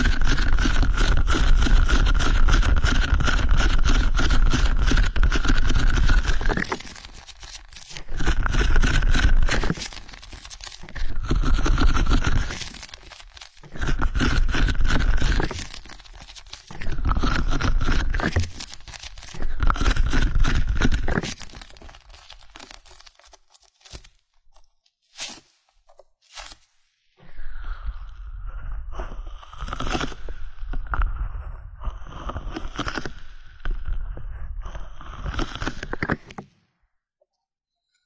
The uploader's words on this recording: High-frequency trigger sound, strong numbing and stress-relieving ear cleaning massage.